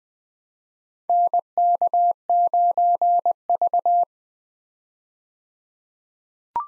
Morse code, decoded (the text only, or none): NK9V